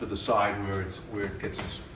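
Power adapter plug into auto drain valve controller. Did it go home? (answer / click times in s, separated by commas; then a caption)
no / none. A power adapter plug is brought around to the side of an auto drain valve's electronic timer unit while someone talks, with faint handling rustles under the voice. The plug has not yet been pushed in, and nothing has seated or clicked yet.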